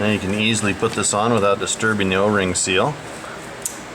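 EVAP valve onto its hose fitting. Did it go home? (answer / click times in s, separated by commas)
yes / 3.7 s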